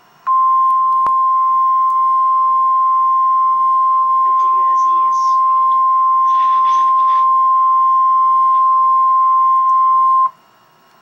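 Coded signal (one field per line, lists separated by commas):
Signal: Emergency Alert System (SAME) tones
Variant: 1050 Hz attention tone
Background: speech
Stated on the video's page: Real special marine warning.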